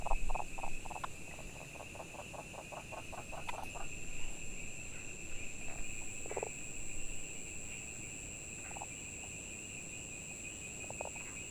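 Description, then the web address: Frog calls, a rapid train of short pulsed croaks at the start, then scattered single croaks over a steady high hum. Recorded 22 June 2019. "frog 20190622"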